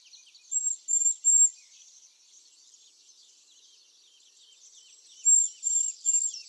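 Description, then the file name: Eurasian blue tit calls: thin, very high notes in two groups of three, near the start and again near the end, over faint background chirping. "Cyanistes caeruleus"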